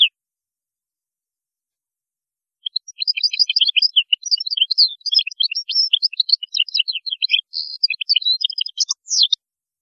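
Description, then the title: European goldfinch song starting after a short silence: a steady, lively run of high twittering notes and quick trills continuing to the end. "Chant Chardonneret"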